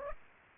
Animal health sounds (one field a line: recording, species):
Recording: mosquito wingbeat signal from an infrared sensor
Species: Aedes aegypti